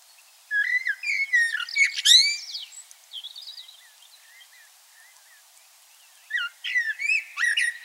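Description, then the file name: Common blackbird singing a loud burst of mixed whistles and sharp high twitters, then soft short notes, a quiet gap, and another lively phrase at the end. "Turdus merula"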